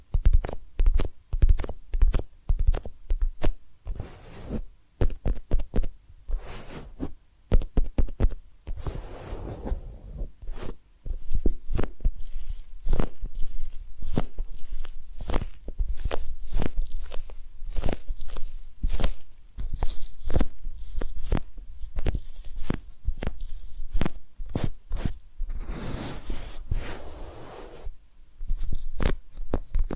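Massage sounds: dense, irregular tapping and rubbing strokes, sharp clicks recurring rapidly throughout, with brief softer brushing swells near nine and twenty-six seconds.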